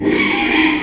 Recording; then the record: squeal of a Yucatan mini pig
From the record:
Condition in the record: after surgery on the right vocal fold (resection and tissue-engineered implant); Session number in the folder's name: 2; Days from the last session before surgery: 13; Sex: male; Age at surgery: 12 weeks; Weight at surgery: 13 kg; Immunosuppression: cyclosporine, prednisolone